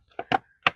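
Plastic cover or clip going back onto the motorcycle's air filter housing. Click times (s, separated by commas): 0.7 s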